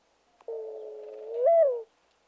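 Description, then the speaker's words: Mourning Dove coo, a single long, low note that swells and lifts briefly near its end before falling away. Slow, sorrowful song from which the mourning dove gets its name; often mistaken for an owl, especially at dawn. "Now listen again to the slow, sorrowful song from which the mourning dove gets its name."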